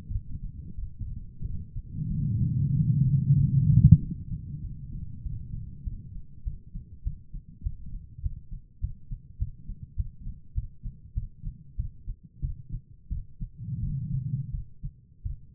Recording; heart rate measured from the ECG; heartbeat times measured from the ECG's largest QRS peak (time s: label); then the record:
heart sounds by stethoscope; 95 bpm
0.09 s: heartbeat
0.76 s: heartbeat
1.43 s: heartbeat
2.08 s: heartbeat
2.73 s: heartbeat
3.36 s: heartbeat
3.99 s: heartbeat
4.61 s: heartbeat
5.23 s: heartbeat
5.84 s: heartbeat
6.44 s: heartbeat
7.04 s: heartbeat
7.63 s: heartbeat
8.22 s: heartbeat
8.80 s: heartbeat
9.38 s: heartbeat
9.96 s: heartbeat
10.54 s: heartbeat
11.14 s: heartbeat
11.76 s: heartbeat
12.41 s: heartbeat
13.09 s: heartbeat
13.80 s: heartbeat
14.51 s: heartbeat
15.23 s: heartbeat
From the record:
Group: healthy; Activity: rest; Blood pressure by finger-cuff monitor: 158/102 mmHg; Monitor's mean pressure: 120 mmHg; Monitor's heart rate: 100 bpm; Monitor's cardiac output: 5.2 L/min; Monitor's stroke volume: 53 mL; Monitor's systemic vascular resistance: 1690 dyn s/cm5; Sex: female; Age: 51 years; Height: 162 cm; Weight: 70.04 kg